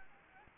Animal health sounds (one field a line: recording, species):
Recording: mosquito wingbeat signal from an infrared sensor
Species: Anopheles gambiae